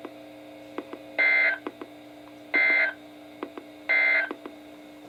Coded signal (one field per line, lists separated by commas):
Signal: Emergency Alert System (SAME) tones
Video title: EAS #76-#99: All Hazards Insanity | KHB36 & WNG736